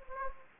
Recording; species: mosquito wingbeat signal from an infrared sensor; Anopheles gambiae